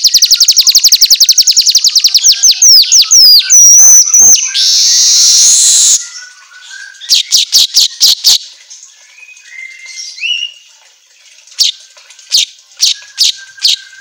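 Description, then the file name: Asian golden weaver song: a fast rattling trill that runs into a harsh hissing buzz, followed by spaced sharp clicks and soft chatter. Song made for training songbirds, labelled 'auto gacor'. "Suara Kicau Manyar Kepala Emas Auto Gacor"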